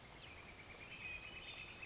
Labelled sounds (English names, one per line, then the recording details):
Northern Flicker
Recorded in Sonoma County, California